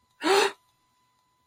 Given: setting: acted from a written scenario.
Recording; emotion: vocal sound without words; negative surprise